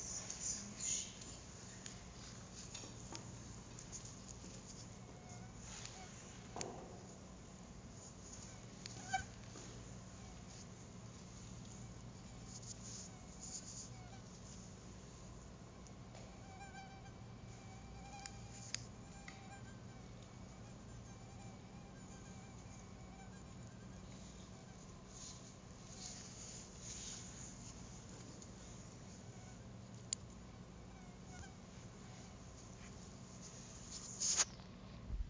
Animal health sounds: mosquito flight sound by mobile phone; Anopheles stephensi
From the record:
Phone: Google Nexus

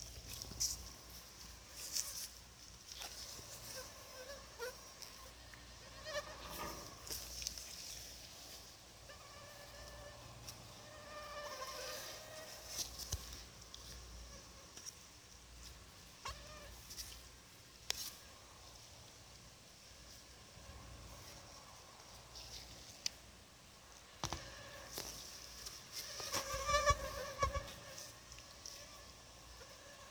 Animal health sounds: mosquito flight sound by mobile phone; Anopheles gambiae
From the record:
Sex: female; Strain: RSP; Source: CDC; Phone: Sony Xperia

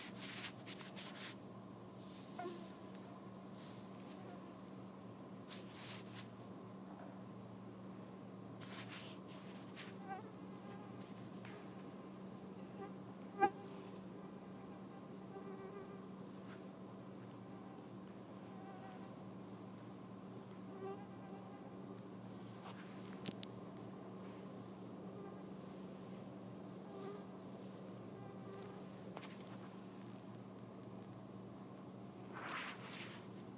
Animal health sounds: mosquito flight sound by mobile phone; Anopheles freeborni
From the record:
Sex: female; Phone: iPhone 4S

